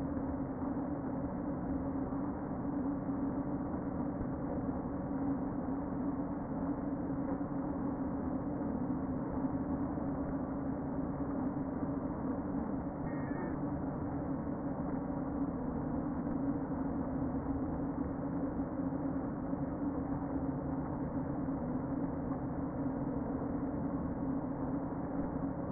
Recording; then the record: honeybee colony, microphone inside the hive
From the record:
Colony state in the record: queen present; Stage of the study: before two queens were removed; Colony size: about 60,000 bees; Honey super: yes